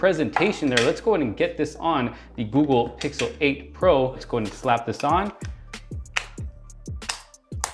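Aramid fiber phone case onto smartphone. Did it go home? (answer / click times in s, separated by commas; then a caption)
yes / 6.2 s, 7.6 s. A Thinborne aramid fiber phone case is pressed onto a Google Pixel 8 Pro smartphone while someone talks. After the talking stops, the case's edges snap over the phone's frame with sharp clicks at 6.2 s and 7.6 s, and the case is seated.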